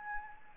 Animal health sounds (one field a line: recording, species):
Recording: mosquito wingbeat signal from an infrared sensor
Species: Anopheles gambiae